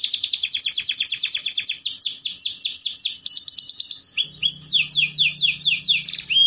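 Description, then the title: Canary song, long rapid trill of descending high notes, then varied chirps and rolls over a faint low hum. Belgian canary song used to warm up and train canaries to sing. "Canto Para Esquentar Canário Belga. Terapi Pancingan Suara Kenari Gacor || Masteran Kenari Paud Belajar Bunyi"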